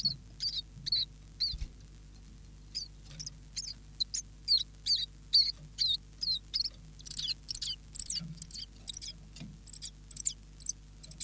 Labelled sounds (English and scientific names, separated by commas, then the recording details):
Common Chiffchaff (Phylloscopus collybita)
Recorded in captivity
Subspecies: collybita
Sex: male
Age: adult
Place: Zoologisches Institut Universität Tübingen, Baden-Württemberg, DE
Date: 1965-01-29 11:30
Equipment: Nagra III PH, LGS26
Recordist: Schneider, Hans-Joachim
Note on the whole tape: Kammer 1. Männchen blau/grün - gelb/blau. Weitere Informationen als Ansagen auf dem Band. Auch Aufnahmen vom 03. Februar 10 Uhr 45. MaAs: M.Sch